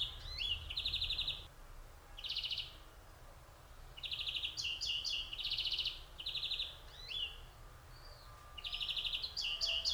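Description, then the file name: European greenfinch singing rapid ringing trills in bursts of about a second, mixed with brief rising twangy notes. "Chloris chloris"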